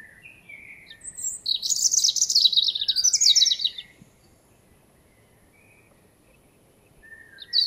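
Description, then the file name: European robin singing one long warbling phrase of sweet, high notes that rise and fall quickly. Quiet pauses follow, with soft background twittering and the start of another phrase at the end. "Erithacus rubecula"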